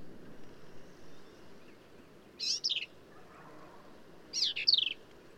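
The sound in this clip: Black-capped vireo singing two brisk phrases of sharp, down-slurred high notes about two seconds apart over a steady soft background hiss.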